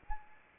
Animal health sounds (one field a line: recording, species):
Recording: mosquito wingbeat signal from an infrared sensor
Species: Anopheles arabiensis